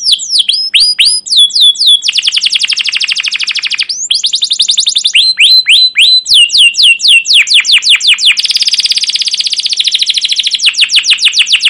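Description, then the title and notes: Canary song alternating buzzy trills with series of crisp repeated chirps, continuous and loud for over ten seconds. Canary singing long, emotional chirping song ('cuit cuit', 'ngerol'), used as a lure and master recording to train young canaries to learn sounds. "CUIT CUIT NGEROL LANGSUNG GACOR PANJANG Kenari Utk Pancingan KENAR. PANCINGAN Kenari GACOR PANJANG Cuit CUIT EMOSI utk MASTERAN Kenari PAUD belajar BUNYI. burung kenari"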